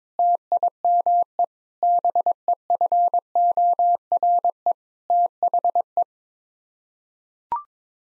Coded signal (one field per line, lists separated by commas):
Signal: Morse code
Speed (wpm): 22 wpm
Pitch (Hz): 700 Hz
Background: none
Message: TIME BEFORE THE